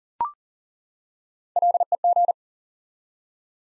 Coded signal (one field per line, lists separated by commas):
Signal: Morse code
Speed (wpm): 38 wpm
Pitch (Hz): 700 Hz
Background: none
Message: LEG